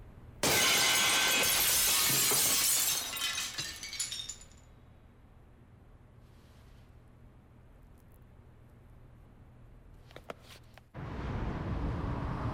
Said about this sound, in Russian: Пьет и бросает стакан об фото на стене.